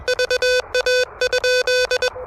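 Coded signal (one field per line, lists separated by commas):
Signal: Morse code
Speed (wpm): 20 wpm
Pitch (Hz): 500 Hz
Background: music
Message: VA?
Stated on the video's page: Fast Morse during a POTA activation with the Elecraft KH1 handheld radio.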